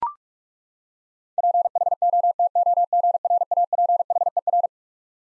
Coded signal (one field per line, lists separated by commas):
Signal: Morse code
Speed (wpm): 42 wpm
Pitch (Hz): 700 Hz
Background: none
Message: PHOTOGRAPHER